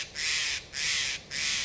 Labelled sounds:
Steller's Jay

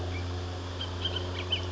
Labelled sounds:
Bullock's Oriole

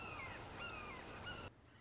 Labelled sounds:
Red-shouldered Hawk

